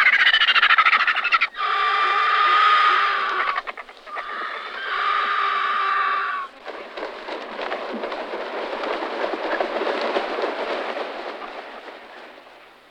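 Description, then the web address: Griffon vulture giving rough, wheezy squeals in three long bursts, followed by several seconds of harsh, breathy hissing and rasping noise. "All the bird songs of Britain and Europe - Jean-Claude Roche. Gyps fulvus"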